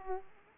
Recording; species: mosquito wingbeat signal from an infrared sensor; Aedes aegypti